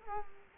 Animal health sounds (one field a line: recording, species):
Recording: mosquito wingbeat signal from an infrared sensor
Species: Culex quinquefasciatus